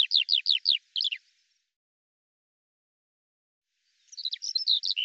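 Eurasian skylark song in two short bursts: a quick run of repeated rolling notes, a long silent gap, then a jumble of high chirps resuming.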